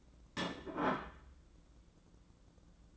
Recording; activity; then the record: daily activity, microphone in the room; place plate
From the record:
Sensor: 3